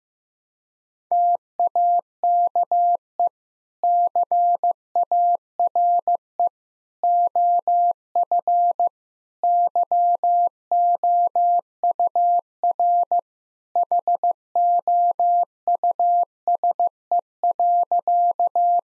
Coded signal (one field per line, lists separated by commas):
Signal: Morse code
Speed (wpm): 15 wpm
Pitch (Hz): 700 Hz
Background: none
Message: TAKE CARE OF YOUR HOUSE.